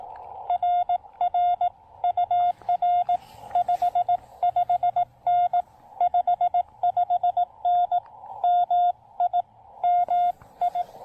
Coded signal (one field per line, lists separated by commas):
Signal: Morse code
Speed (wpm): 20 wpm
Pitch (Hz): 700 Hz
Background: none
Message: RR UR 55N 55N MI MI